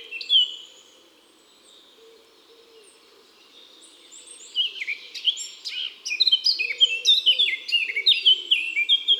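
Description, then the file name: Eurasian blackcap song: a short note, a quiet pause, then a quick scratchy warble building into loud fluty phrases, with soft low notes of another bird in the background. Song; woods and forests. "Fauvette a tete noire Chants doiseaux des bois et des forets"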